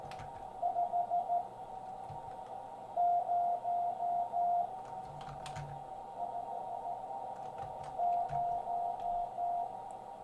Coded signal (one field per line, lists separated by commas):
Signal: Morse code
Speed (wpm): 14 wpm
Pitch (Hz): 700 Hz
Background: none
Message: 5050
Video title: CW, Morse Code, after not doing it for a few years.